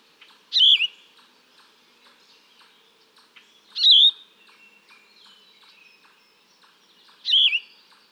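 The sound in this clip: Yellow-throated vireo giving three raspy, slurred song phrases roughly three seconds apart, soft ticking notes between them.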